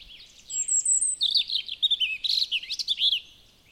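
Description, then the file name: European robin song: a thin, high warbled phrase opening with sweet notes near the top, then tumbling into quick, wavering twitters over about three seconds. "Erithacus rubecula"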